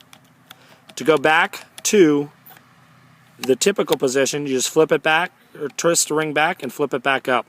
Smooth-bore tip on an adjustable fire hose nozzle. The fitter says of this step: ensuring that it locks into place